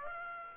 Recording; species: mosquito wingbeat signal from an infrared sensor; Aedes aegypti